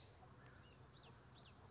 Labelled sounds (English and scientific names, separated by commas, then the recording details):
Common Yellowthroat (Geothlypis trichas)
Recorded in Sonoma County, California